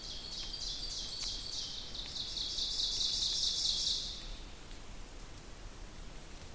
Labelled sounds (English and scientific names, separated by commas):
Ovenbird (Seiurus aurocapilla) song